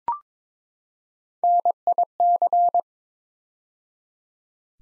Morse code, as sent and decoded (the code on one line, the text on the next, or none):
-. .. -.-.
NIC